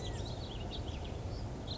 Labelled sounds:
House Finch (Haemorhous mexicanus)
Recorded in Sonoma County, California

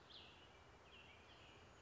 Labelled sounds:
Cassin's Vireo (Vireo cassinii)
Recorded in Sonoma County, California

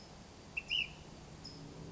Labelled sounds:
Ash-throated Flycatcher (Myiarchus cinerascens)
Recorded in Sonoma County, California

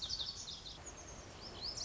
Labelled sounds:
Lazuli Bunting (Passerina amoena)
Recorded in Sonoma County, California

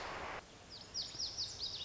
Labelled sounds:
Lazuli Bunting (Passerina amoena)
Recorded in Sonoma County, California

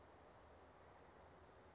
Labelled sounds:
Chestnut-backed Chickadee (Poecile rufescens)
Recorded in Sonoma County, California

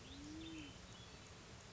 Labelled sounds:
Band-tailed Pigeon (Patagioenas fasciata)
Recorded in Sonoma County, California

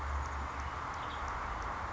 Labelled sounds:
Western Tanager (Piranga ludoviciana)
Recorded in Sonoma County, California

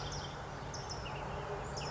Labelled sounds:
California Towhee (Melozone crissalis)
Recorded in Sonoma County, California

